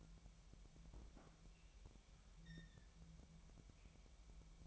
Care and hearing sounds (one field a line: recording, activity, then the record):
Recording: daily activity, microphone in the room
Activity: open fridge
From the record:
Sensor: 1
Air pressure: 1002.0 hPa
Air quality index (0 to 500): 243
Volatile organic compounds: 49 ppm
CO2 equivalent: 3281 ppm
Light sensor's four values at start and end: 8/28/10/11 and 8/28/10/11